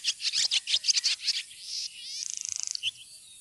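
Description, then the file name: Barn swallow song, a rapid run of bright twittering notes followed by a dry buzzy rattle and a short closing chirp. "laavesvale"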